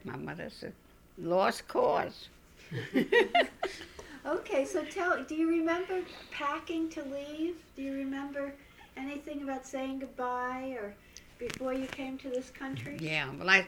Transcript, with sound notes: My mother said, "Lost cause." (they laugh)
Okay, so tell, do you remember packing to leave? Do you remember anything about saying good-bye, or, before you came to this country?